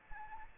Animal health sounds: mosquito wingbeat signal from an infrared sensor; Anopheles arabiensis

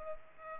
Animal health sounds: mosquito wingbeat signal from an infrared sensor; Culex pipiens

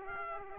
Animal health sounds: mosquito wingbeat signal from an infrared sensor; Aedes aegypti

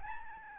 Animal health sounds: mosquito wingbeat signal from an infrared sensor; Aedes albopictus

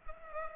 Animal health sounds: mosquito wingbeat signal from an infrared sensor; Culex pipiens

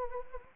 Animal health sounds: mosquito wingbeat signal from an infrared sensor; Anopheles arabiensis

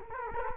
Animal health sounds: mosquito wingbeat signal from an infrared sensor; Culex quinquefasciatus

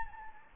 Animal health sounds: mosquito wingbeat signal from an infrared sensor; Anopheles gambiae

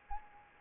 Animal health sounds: mosquito wingbeat signal from an infrared sensor; Anopheles arabiensis

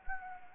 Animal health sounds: mosquito wingbeat signal from an infrared sensor; Anopheles gambiae

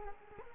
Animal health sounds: mosquito wingbeat signal from an infrared sensor; Culex quinquefasciatus

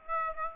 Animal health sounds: mosquito wingbeat signal from an infrared sensor; Aedes aegypti

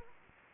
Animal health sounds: mosquito wingbeat signal from an infrared sensor; Anopheles arabiensis

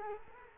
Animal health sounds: mosquito wingbeat signal from an infrared sensor; Culex quinquefasciatus

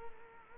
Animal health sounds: mosquito wingbeat signal from an infrared sensor; Culex quinquefasciatus

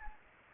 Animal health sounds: mosquito wingbeat signal from an infrared sensor; Anopheles gambiae

